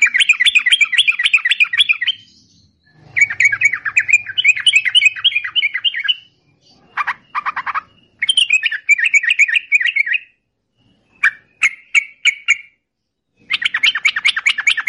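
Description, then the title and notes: Yellow-vented bulbul song of long, rapid chattering phrases with brief gaps and a few isolated sharp notes. Long rapid chatter (ropel panjang) recording used as master audio for training songbirds. "Masteran Trucukan Ropel Panjang. Kicau Burung Trucukan"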